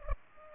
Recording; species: mosquito wingbeat signal from an infrared sensor; Culex pipiens